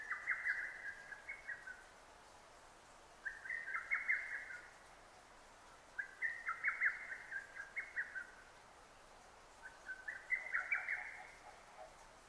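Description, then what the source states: Lesser cuckoo with its fast, explosive phrase of staccato whistles, repeated four times at roughly three-second intervals. Recorded on 6 June 2009.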